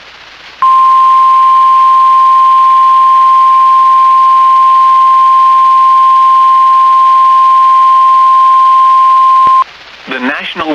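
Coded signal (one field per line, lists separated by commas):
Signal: Emergency Alert System (SAME) tones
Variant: 1050 Hz attention tone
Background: speech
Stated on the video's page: Emergency Alert System Severe Thunderstorm Warning, captured live.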